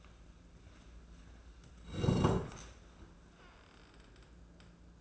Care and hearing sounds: daily activity, microphone in the room; sit down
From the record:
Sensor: 2

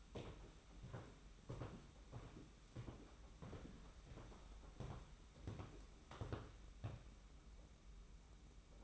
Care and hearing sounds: daily activity, microphone in the room; walk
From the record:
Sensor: 1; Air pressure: 991.6 hPa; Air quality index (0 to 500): 170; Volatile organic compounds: 1000 ppm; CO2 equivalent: 6403 ppm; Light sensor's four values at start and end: 31/103/40/41 and 30/100/39/40

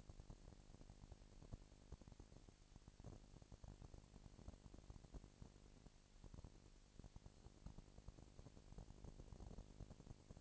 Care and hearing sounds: daily activity, microphone in the room; no activity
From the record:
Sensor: 5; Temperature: 19.8 degrees Celsius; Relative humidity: 36.6%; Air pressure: 997.2 hPa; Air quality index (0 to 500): 168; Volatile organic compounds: 14 ppm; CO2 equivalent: 2438 ppm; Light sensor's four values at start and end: 2/3/1/1 and 2/3/1/1

